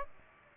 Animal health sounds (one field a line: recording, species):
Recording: mosquito wingbeat signal from an infrared sensor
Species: Aedes aegypti